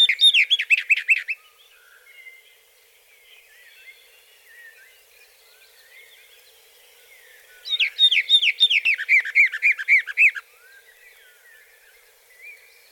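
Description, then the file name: Western Orphean warbler song: two bursts of rich, rapid warbled notes, the second longer with repeated slurred phrases, separated by a long quiet stretch with faint background birds. "Fauvette orphee"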